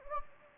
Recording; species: mosquito wingbeat signal from an infrared sensor; Anopheles gambiae